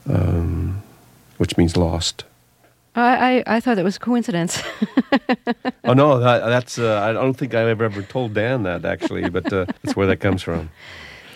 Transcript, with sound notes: which means "lost."
Oh, I thought that was coincidence. (laughs)
Oh, no, that's -- I don't think I've ever told Dan that, actually. But it's where that comes from.